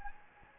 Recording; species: mosquito wingbeat signal from an infrared sensor; Anopheles gambiae